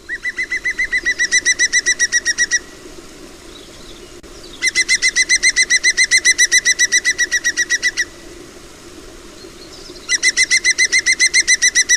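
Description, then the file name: European Green Woodpecker song: three long, very regular runs of loud, laughing notes separated by pauses, the last one cut off. "Picchio verde canto (Picus viridis)"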